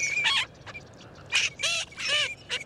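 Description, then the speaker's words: Green-winged Teal calls, several bursts of high whistled notes with some lower arched tones. Elaborate courtship: males show off with calls and displays, up to 25 males may court one female; voices sound like crickets or tiny frogs. "Males show off with calls and displays, and up to 25 males may court a single female at once."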